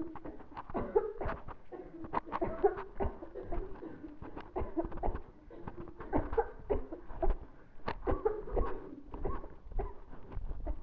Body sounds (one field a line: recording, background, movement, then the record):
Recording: voluntary coughing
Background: a bystander coughing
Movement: walking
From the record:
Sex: female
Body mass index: 18.8 kg/m2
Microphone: on the chest, facing the body